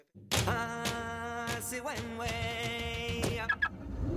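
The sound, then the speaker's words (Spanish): A SEAT León car's steady, tonal engine hum runs for a few seconds, broken by several dull thunks like doors shutting, then briefly swells and cuts off. No one speaks. “el coche está muy chulo, pero me niego a llamarte el Rey León”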